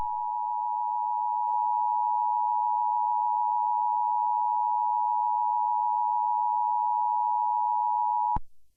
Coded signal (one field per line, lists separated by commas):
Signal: Emergency Alert System (SAME) tones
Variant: 853 and 960 Hz attention tone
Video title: EAS Scenario - The Bear5 Massacre